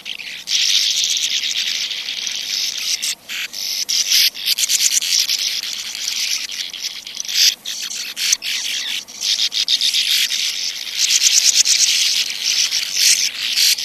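Sand martin chatter, a near-continuous mass of dry, buzzy rasping notes with brief gaps and thinner stretches.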